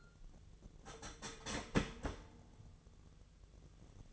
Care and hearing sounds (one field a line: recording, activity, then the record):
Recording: daily activity, microphone in the room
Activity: start toaster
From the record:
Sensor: 4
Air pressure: 1001.0 hPa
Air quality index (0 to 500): 164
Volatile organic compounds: 2 ppm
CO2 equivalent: 1196 ppm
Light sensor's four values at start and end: 20/45/19/20 and 20/47/20/20